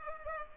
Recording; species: mosquito wingbeat signal from an infrared sensor; Culex pipiens